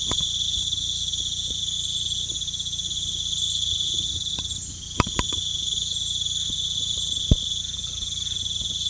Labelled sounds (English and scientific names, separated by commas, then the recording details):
none
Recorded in pastures near Puerto Asís, Putumayo, Colombia, on 18 December 2024 at 22:00
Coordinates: 0.472, -76.331
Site GP02